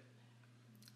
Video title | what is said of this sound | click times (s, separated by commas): GDP Tuning LML Switch Installation for Shift on the fly | careful you don't break the wire off they're pretty sensitive so slowly push it in till you hear - faint click and then | 0.8 s, 0.9 s